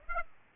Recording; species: mosquito wingbeat signal from an infrared sensor; Aedes aegypti